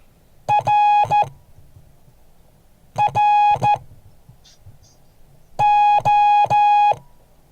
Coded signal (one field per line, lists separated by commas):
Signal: Morse code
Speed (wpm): 13 wpm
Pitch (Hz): 830 Hz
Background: none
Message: RRO